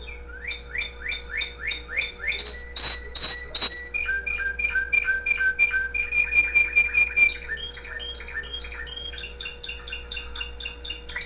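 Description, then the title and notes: Canary song, a long varied run of rapid repeated whistled rising notes, buzzy trills and clear high tones, phrases changing every second or two, with a steady low hum behind. Pet canary with background music. "mi canario. musica de fondo"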